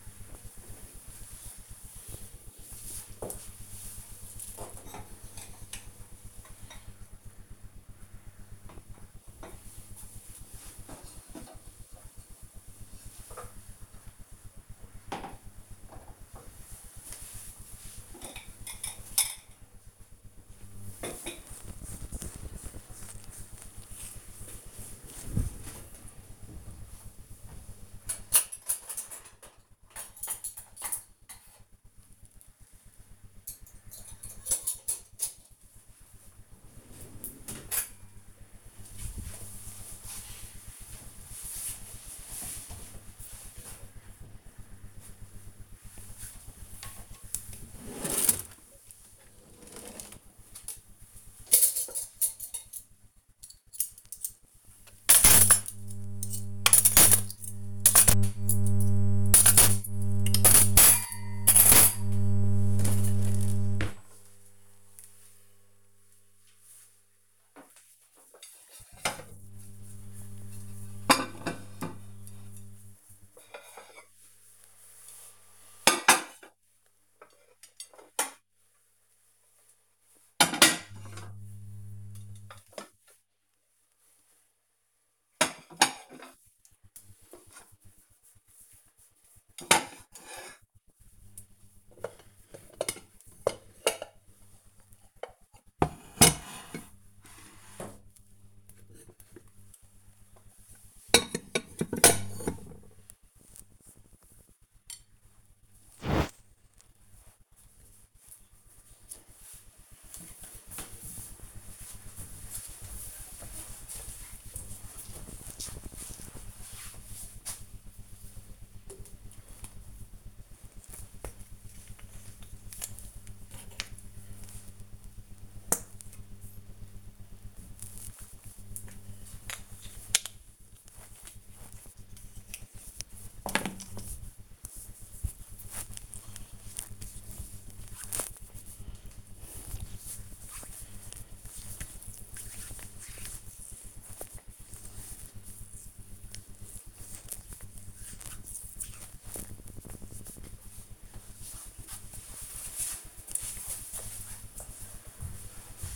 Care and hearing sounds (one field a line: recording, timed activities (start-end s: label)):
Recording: household activities, microphone on the right wrist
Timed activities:
45.62-107.05 s: putting away the dishes
118.13-149.30 s: cream hands